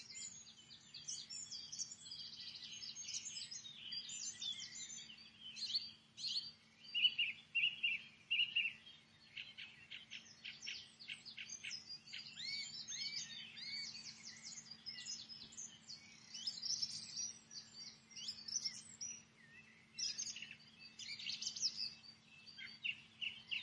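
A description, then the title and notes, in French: Birds chirp and trill continuously at high pitch, several overlapping in dense bursts, over a steady low hum throughout the recording. Trève de bavardages, on écoute les oiseaux. Un petit partage d’une captation audio toute bête un matin via mon téléphone en Avril. Dans notre coin où l’agriculture est assez intensive, c’est sympa de voir qu’il reste des jolis écotones très riches en faune avicole. Chez nous se rencontrent, champs cultivés, prairies, hameau de maisons, forêt et petites zones humides le long du Mignon.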